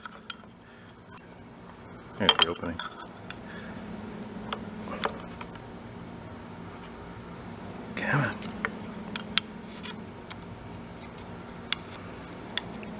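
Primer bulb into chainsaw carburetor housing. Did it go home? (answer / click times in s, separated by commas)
no / none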